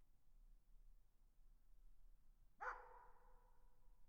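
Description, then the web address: Dog giving a single bark after a long quiet stretch, with a faint lingering tone afterwards. "tag собаки"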